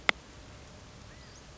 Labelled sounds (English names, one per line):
California Quail